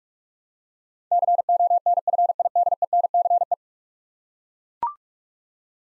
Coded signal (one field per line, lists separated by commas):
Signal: Morse code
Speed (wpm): 41 wpm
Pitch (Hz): 700 Hz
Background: none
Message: CONFIDENCE